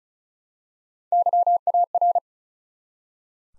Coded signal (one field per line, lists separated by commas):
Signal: Morse code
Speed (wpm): 35 wpm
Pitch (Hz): 700 Hz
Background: none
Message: YAR